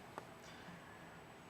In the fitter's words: push until it seats. And you'll hear a good nice audible click.